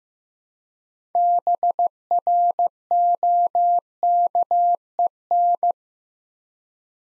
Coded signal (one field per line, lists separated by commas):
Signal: Morse code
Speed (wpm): 15 wpm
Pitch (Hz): 700 Hz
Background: none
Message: BROKEN